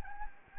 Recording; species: mosquito wingbeat signal from an infrared sensor; Anopheles gambiae